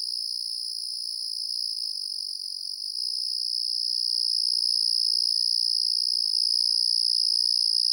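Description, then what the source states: Crickets chirr in an even, high, rapidly pulsing drone that slowly grows a little louder throughout. Crickets calling on a night in the countryside.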